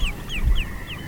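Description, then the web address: Northern harrier calling with four thin, downslurred whistled notes spaced about a quarter second apart, over low rumble. "soundswild northern harrier"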